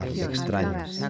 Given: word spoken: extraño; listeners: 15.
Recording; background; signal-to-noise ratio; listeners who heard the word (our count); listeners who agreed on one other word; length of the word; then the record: one Spanish word in noise, from a listening test; four-talker babble; -0.1 dB; 4 of 15; 7 of 15; 0.70 s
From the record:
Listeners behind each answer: 7, 4, 1, 1, 1, 1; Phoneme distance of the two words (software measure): 17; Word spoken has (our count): 3 syllables, 8 phonemes, stress on syllable 2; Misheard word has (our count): 3 syllables, 9 phonemes, stress on syllable 2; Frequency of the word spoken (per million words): 49.83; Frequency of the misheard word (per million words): 10.82